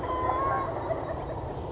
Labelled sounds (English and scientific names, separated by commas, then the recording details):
Wild Turkey (Meleagris gallopavo)
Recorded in Sonoma County, California